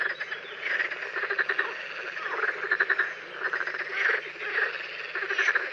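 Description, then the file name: Green frogs in a dense chorus of overlapping croaks and rattling trills, with many callers merging into a continuous pulsing din. "Grenouille verte"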